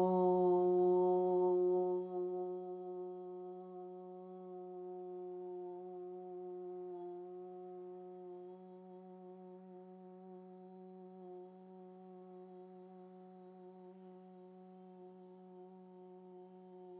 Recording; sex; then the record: sustained vowel /u/; female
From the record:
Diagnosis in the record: healthy control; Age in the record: 69 years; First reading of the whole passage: 64 s, 7.9 characters per second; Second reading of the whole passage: 54 s, 9.5 characters per second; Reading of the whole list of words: 33 s, 8.4 characters per second